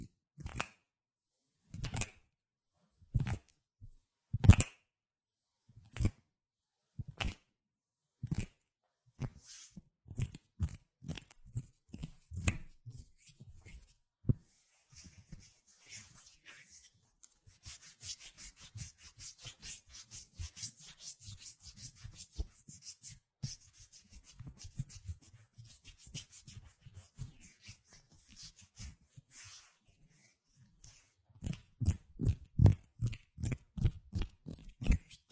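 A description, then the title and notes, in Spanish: Hand sounds: sharp claps and snaps ring out at a steady pace for the first fifteen seconds, growing quicker and softer. Then comes a long stretch of dry, hissing rubbing of palms, before a final run of rapid, even claps. ASMR Sonidos de manos. Chasquidos, frotaciones, palmadas y demás.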